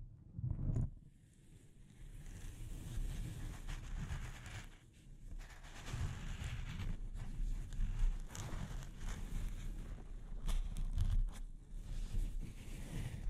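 Delicate scratching and rubbing on a microphone, a dense rough rustle with a low rumble, plus sharp taps near the start and around eleven seconds.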